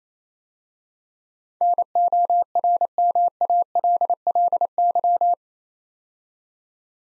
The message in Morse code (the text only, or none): NORMALLY